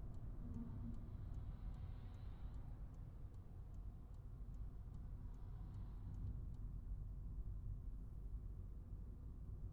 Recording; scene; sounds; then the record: everyday scene through a hearing-aid microphone; in a vehicle; engine, highway driving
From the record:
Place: Skoda Fabia, gasoline engine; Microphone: behind the ear, right, front